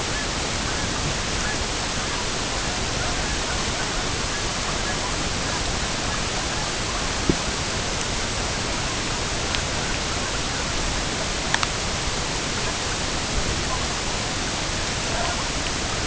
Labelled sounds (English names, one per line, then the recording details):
unidentified sound
Brent Goose
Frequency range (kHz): Brent Goose 0.2-2.2 kHz
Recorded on Arctic tundra, site EABA-MC, on 22 June 2019
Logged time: 08:00